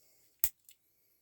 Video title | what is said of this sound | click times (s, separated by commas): Tamiya 1/32 Mini 4WD Wild Junior Lunch box build - #tamiya #tamiyarc #rcbuggy #rclife | There we are. So it clicks on the bottom. | 0.4 s